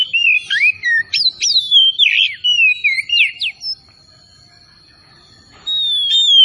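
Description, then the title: Oriental magpie-robin song: loud swooping whistles in a rapid run for several seconds, a pause with only a thin high tone, then a new phrase. Kacer Tretes bird, singing vigorously (gacor). "Kacer Tretes Gacor"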